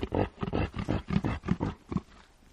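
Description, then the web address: Reindeer grunts, a quick run of several low, throaty pulses that fade away at the end. "el sonido del grunido de los renos"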